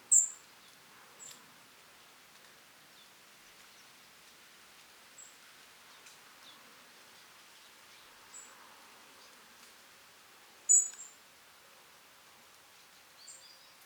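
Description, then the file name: European robin calls: short, thin, very high notes given singly at irregular gaps, over faint steady background hiss. "Erithacus rubecula"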